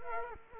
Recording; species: mosquito wingbeat signal from an infrared sensor; Culex quinquefasciatus